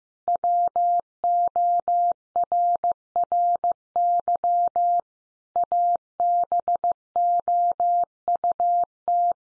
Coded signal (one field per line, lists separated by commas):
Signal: Morse code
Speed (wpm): 15 wpm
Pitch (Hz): 700 Hz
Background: none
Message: WORRY ABOUT